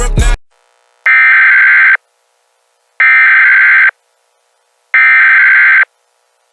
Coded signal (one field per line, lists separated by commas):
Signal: Emergency Alert System (SAME) tones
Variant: header bursts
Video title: EAS Mock: Garfield Cloud (VAILD EAS TONES)